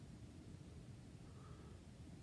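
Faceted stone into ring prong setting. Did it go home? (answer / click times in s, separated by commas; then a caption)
no / none. A 3mm faceted amethyst, held on putty, is pressed down between the sterling silver prongs of a ring. Only a steady low rumbling noise is heard, with a faint thin tone near 1.3 to 1.8 seconds. The stone has not yet clicked into the setting.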